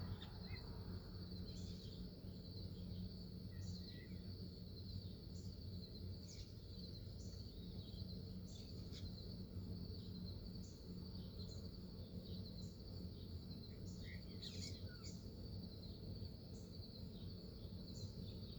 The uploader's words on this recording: This recording was taken on a cool morning in September just after sunrise in my hometown of Salina, Kansas, USA. I opened the window for the breeze and set my phone down on the ledge because the bugs and birds were particularly noisy, but it was very peaceful. Recorded by Ricky House. Morning from my window.